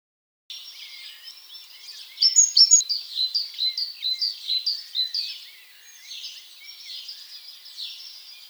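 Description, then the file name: Great tit producing a string of high, thin notes that grows loud, then softens and fades. "Parus major"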